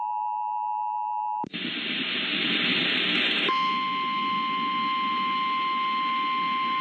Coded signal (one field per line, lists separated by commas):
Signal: Emergency Alert System (SAME) tones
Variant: 853 and 960 Hz attention tone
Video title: My first EAS mock I’m not good at it